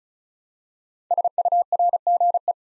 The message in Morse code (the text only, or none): SURGE